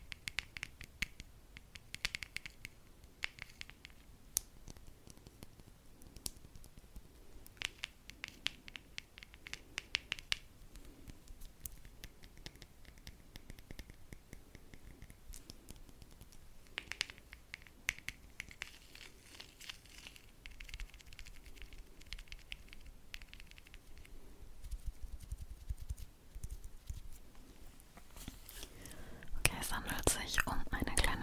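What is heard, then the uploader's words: Tapping made of quick, sharp clicks, scattered irregularly and often in short clustered bursts, with brief scratchy textures between them. The taps are mostly soft but grow louder and denser near the end, turning into a brighter, more continuous rustle around the last two seconds. Tapping. In dieser Folge tippe ich für pure Entspannung, auf verschiedenen Gegenständen.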